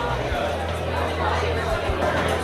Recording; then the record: background sound without coughing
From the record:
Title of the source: CITY SOUNDS Busy Bar in the Evening Night - 2 HOURS of Ambiance for Relaxation